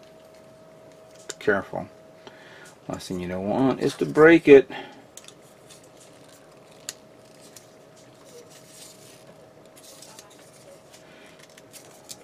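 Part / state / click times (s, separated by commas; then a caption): plastic snap-fit part into a model spaceship kit / not seated / none. A plastic snap-fit part of a Revell Resistance A-Wing Fighter model spaceship kit is handled and pressed toward the assembly while someone talks early on. Small sharp plastic ticks and taps follow over a quiet background with a steady faint hum. Nothing has seated or clicked yet; the clip ends just before the part goes home.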